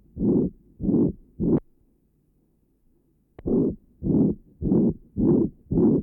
Patient with ventricular septal defect. Recording taken at left sternal edge. Note the pansystolic murmur at this area.